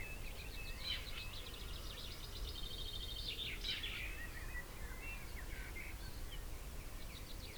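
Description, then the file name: Common chaffinch song: a fast trill of high notes followed by scattered chirps, over a steady low rumbling background noise. "Fringilla coelebs"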